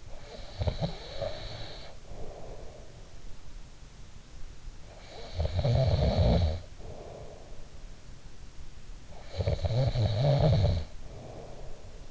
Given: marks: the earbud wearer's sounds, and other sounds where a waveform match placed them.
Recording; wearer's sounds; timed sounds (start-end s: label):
sounds in sleep by an in-ear microphone; snoring breath
0.00-3.21 s: snoring breath
4.80-7.85 s: snoring breath
8.99-12.11 s: snoring breath